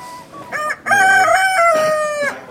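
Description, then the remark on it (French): A rooster crows once, loud and long, its harsh harmonic call holding steady before trailing off, after a couple of brief clucking notes from the chickens. “Ben, on va faire de la poule au pot cet hiver, mais avant de la poule au pot, il faut malheureusement il faut les abattre, c'est comme ça.”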